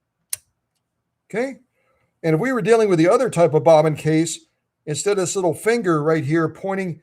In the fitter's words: And listen for that click. You'll know you'll know then it's all the way in.